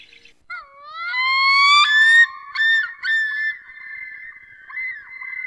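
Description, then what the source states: Common loon wailing, a long rising whistled note that climbs and then holds steady, followed by a few shorter harmonic notes and a second sustained tone. Adults leaving breeding areas in late October, migrating south toward the Gulf of Mexico and Atlantic coast; Wisconsin.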